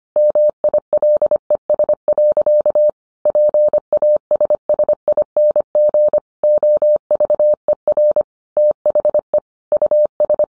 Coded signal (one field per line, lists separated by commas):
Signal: Morse code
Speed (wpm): 25 wpm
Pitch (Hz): 600 Hz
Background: none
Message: MILES. PASSING OVER THE US